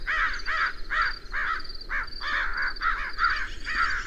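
Bird calls: rapid harsh caws in quick succession, each note short and hoarse.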